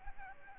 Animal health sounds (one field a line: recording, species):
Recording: mosquito wingbeat signal from an infrared sensor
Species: Aedes albopictus